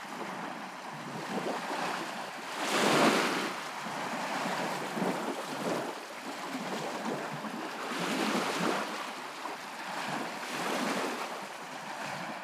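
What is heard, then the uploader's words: A creek tributary rushes steadily in a dense hiss of water, swelling louder around three, eight and eleven seconds, with low rumble absent. Sounds of Sleeping Bear Dunes: Otter Creek Tributary. I spent a glorious 3 hours walking the beach while I recorded the Otter Creek tributary as it emptied into Lake Michigan. The sun and the brilliant blue sky called me to the beach.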